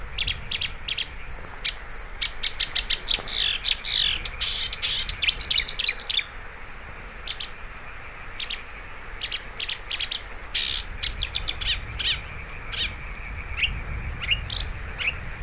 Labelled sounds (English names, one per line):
Marsh Warbler song